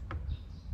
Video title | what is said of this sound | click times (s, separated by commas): วิธีแก้ปัญหาไฟเลี้ยวรถมอเตอร์ไซค์ไม่ติด #มอเตอร์ไซค์ #ชวนากร #DaddyTricks | แล้วประกบชุดโคมไฟหน้าเข้ากับชุดสีจากนั้นเลื่อนขึ้นให้เข้าล็อค | 0.1 s